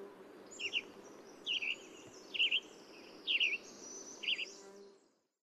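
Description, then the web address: Western tanager singing short, hoarse, burry phrases, about one every second, five phrases in all, over a faint low hum. Western USA. "Songs of Birds of North America Western USA Songbirds. Western Tanager"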